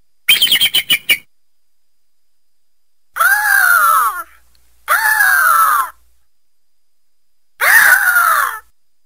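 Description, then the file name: Eagle opening with a quick stuttering chatter, then three long, harsh descending screams spaced a few seconds apart. Eagle hunting prey. "tieng dai bang san moi"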